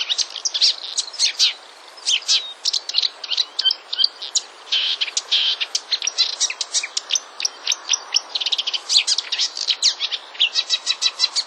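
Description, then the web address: Marsh warbler song, a fast, continuous stream of varied chattering and whistled notes with rapid trills and buzzy phrases, pouring out almost without pause. "wroblowe kolekcja lozowka"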